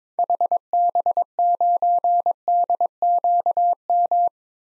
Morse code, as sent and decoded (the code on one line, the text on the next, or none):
.... -... ----. -.. --.- --
HB9DQM